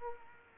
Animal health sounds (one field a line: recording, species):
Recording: mosquito wingbeat signal from an infrared sensor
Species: Culex quinquefasciatus